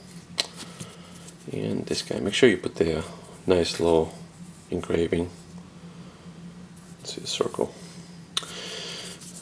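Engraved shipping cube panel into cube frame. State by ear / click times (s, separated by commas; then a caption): seated / 8.4 s. An engraved panel of a shipping cube is pressed in at the circle and snaps into the cube frame, clicking into place at 8.4 s. Someone talks quietly beforehand over a low steady hum, and a short tap is also heard at 0.4 s.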